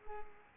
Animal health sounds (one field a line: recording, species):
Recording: mosquito wingbeat signal from an infrared sensor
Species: Culex pipiens